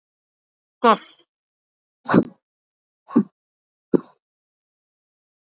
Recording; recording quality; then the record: shallow voluntary cough; moderate, slight background noise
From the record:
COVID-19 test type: RT-PCR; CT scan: not taken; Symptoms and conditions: none ticked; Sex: female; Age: 61 years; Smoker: no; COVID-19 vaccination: both doses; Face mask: worn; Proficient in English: yes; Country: India